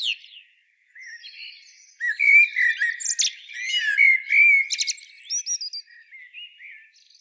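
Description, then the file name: Common blackbird song: mellow fluted whistles mixed with thin high squeaks and scratchy twitters, phrases coming in bursts with brief pauses. "Turdus merula"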